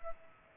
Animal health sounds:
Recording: mosquito wingbeat signal from an infrared sensor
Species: Culex pipiens

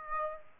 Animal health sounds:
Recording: mosquito wingbeat signal from an infrared sensor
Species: Aedes aegypti

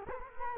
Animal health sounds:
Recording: mosquito wingbeat signal from an infrared sensor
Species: Culex quinquefasciatus

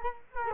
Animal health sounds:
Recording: mosquito wingbeat signal from an infrared sensor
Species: Culex quinquefasciatus

